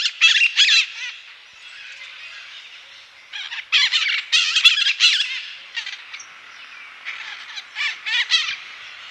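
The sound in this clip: Bird utters harsh, buzzy squawking calls in irregular clusters, with short pauses between bursts throughout.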